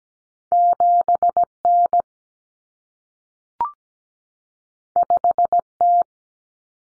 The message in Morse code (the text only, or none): 7N 5T